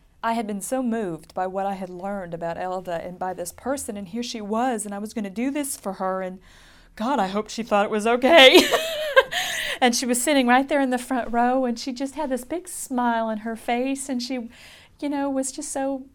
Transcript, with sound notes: I had been so moved by what I had learned about Elda and by this person and here she was and I was going to do this for her. And, God, I hope she thought it was okay. (she laughs) And she was sitting right there in the front row. And she just had this big smile on her face and she, you know, was just so,